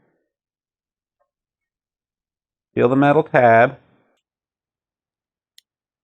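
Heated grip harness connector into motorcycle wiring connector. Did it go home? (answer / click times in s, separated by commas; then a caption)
no / none. Someone talks while lining up the plastic wiring connector of a 2020-2022 Kawasaki Ninja 1000SX OEM heated grip harness by its metal tab, ready to slide it onto the motorcycle's mating wiring connector until it locks. The rest of the clip is quiet, and the connector has not seated or clicked in yet.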